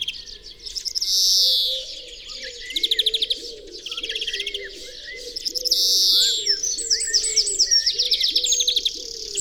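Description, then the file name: European greenfinch producing fast twittering trills and two long buzzy wheezes over a low continuous hum. "Chloris chloris"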